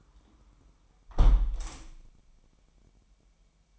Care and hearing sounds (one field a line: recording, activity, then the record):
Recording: daily activity, microphone in the room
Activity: close window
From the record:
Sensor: 1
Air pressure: 998.6 hPa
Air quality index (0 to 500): 134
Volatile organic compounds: 4 ppm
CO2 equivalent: 1610 ppm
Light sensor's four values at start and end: 10/24/10/12 and 10/23/9/11